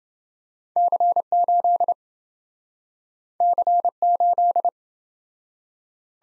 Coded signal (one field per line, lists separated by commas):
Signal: Morse code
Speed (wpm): 28 wpm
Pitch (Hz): 700 Hz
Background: none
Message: C8 C8